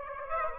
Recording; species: mosquito wingbeat signal from an infrared sensor; Aedes aegypti